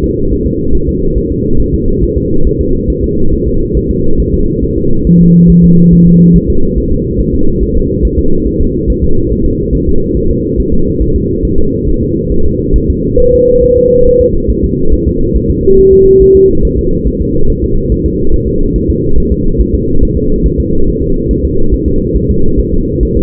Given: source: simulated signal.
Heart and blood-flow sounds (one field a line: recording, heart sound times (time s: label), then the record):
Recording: fetal heart sounds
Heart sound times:
0.04 s: S2
0.32 s: S1
0.47 s: S2
0.75 s: S1
0.89 s: S2
1.17 s: S1
1.32 s: S2
1.60 s: S1
1.74 s: S2
2.03 s: S1
2.17 s: S2
2.47 s: S1
2.61 s: S2
2.90 s: S1
3.04 s: S2
3.33 s: S1
3.47 s: S2
3.77 s: S1
3.91 s: S2
4.20 s: S1
4.34 s: S2
4.64 s: S1
4.78 s: S2
5.07 s: S1
5.21 s: S2
5.50 s: S1
5.64 s: S2
5.93 s: S1
6.07 s: S2
6.36 s: S1
6.50 s: S2
6.78 s: S1
6.92 s: S2
7.20 s: S1
7.34 s: S2
7.63 s: S1
7.77 s: S2
8.05 s: S1
8.19 s: S2
8.47 s: S1
8.61 s: S2
8.90 s: S1
9.04 s: S2
9.32 s: S1
9.46 s: S2
9.75 s: S1
9.89 s: S2
10.17 s: S1
10.31 s: S2
10.60 s: S1
10.74 s: S2
11.02 s: S1
11.16 s: S2
11.45 s: S1
11.59 s: S2
11.88 s: S1
12.03 s: S2
12.32 s: S1
12.46 s: S2
12.76 s: S1
12.90 s: S2
13.20 s: S1
13.34 s: S2
13.63 s: S1
13.78 s: S2
14.07 s: S1
14.21 s: S2
14.50 s: S1
14.64 s: S2
14.94 s: S1
15.07 s: S2
15.36 s: S1
15.50 s: S2
15.79 s: S1
15.93 s: S2
16.22 s: S1
16.36 s: S2
16.65 s: S1
16.79 s: S2
17.07 s: S1
17.22 s: S2
17.50 s: S1
17.64 s: S2
17.92 s: S1
18.06 s: S2
18.34 s: S1
18.48 s: S2
18.76 s: S1
18.90 s: S2
19.18 s: S1
19.32 s: S2
19.60 s: S1
19.75 s: S2
20.03 s: S1
20.17 s: S2
20.46 s: S1
20.60 s: S2
20.88 s: S1
21.02 s: S2
21.31 s: S1
21.45 s: S2
21.74 s: S1
21.88 s: S2
22.16 s: S1
22.30 s: S2
22.59 s: S1
22.74 s: S2
23.03 s: S1
23.17 s: S2
From the record:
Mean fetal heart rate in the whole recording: 140 bpm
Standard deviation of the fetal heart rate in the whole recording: 2 bpm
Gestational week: 34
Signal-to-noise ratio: -19.1 dB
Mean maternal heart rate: 72 bpm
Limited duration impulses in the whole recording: present